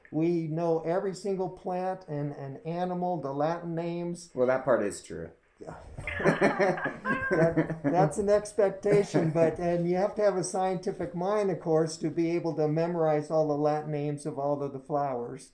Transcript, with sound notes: We know every single plant and animal. The Latin names.
That part is true.
(laughs!) That’s an expectation. But you and you have to have a scientific mind, of course, to be able to memorize all those Latin names of all those flowers.